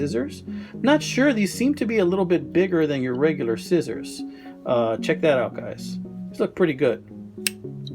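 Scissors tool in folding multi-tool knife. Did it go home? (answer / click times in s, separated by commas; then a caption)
yes / 7.5 s. Someone talks over guitar music while the scissors on a vintage Victorinox Hercules Swiss Army knife, a steel multi-tool pocket knife, are opened. At 7.5 s the folding scissors snap open into place with a sharp click, followed by two fainter ticks.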